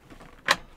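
A hidden latch under a fold-down bed panel in a Winnebago Revel camper van is flipped open. After faint low handling noise, a sharp bright snap at 0.5 s marks the latch letting go, and the panel is released to swing down.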